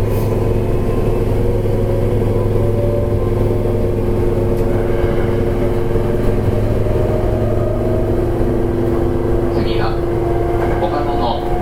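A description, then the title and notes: A local train on the Kobe Line hums steadily with low rumble and whining tones, a brief bright squeal near ten seconds, faint voices. 阪急7000系 神戸線普通 西宮北口から神戸三宮まで. 阪急電鉄7000系電車の走行音です。 神戸線の普通列車にて収録しました。 Local train of kobe Line.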